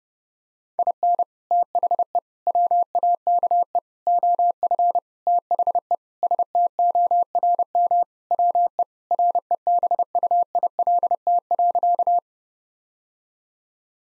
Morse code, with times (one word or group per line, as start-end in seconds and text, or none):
0.8-1.2 IN
1.5-2.2 THE
2.5-3.8 WAKE
4.1-5.0 OF
5.3-6.0 THE
6.2-8.0 STORM
8.3-8.8 WE
9.1-12.2 REBUILT.